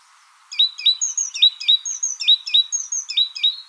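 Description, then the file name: Great tit singing one steady bout of many sharp, see-sawing two-note phrases, rapidly repeated after a brief quiet start. "Parus major"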